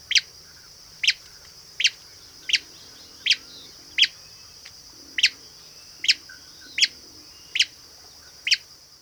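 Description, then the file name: Many-colored rush tyrant giving short sharp high chips, about eleven in nine seconds, over a constant high hiss. Nominate subspecies rubrigastra. "Many colored Rush Tyrant Tachuris rubrigastra rubrigastra"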